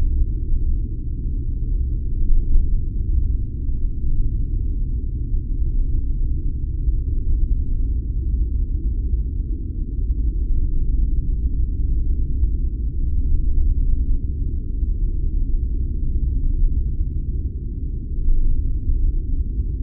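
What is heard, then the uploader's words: A deep, steady spaceship drone rumbles without pause, all low and muffled with nothing bright above it, holding an even loudness throughout. Aboard a Spelljammer ship: Space ambience. The drone of space and ship.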